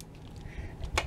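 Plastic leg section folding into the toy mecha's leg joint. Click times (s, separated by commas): 0.0 s, 1.0 s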